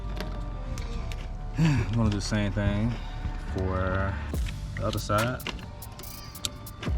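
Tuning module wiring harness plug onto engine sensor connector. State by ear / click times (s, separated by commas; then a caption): seated / 6.4 s. On an Audi RS7, a Race Chip tuning module wiring harness plug is pushed onto the engine sensor connector on the other side of the engine. Someone talks, and a sharp click at 6.5 s marks the plug seating.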